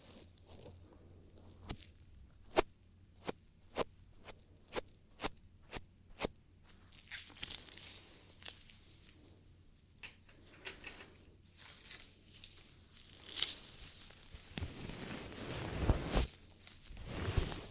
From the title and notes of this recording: ASMR Ear Cleaning For Deep Relaxation & Tingles [ NO TALKING ].